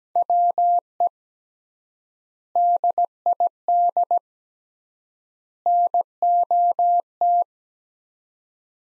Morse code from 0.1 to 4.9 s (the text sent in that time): WE DID